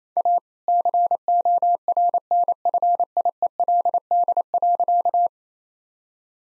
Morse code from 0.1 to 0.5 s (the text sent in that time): A